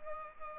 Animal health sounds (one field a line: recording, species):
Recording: mosquito wingbeat signal from an infrared sensor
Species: Culex pipiens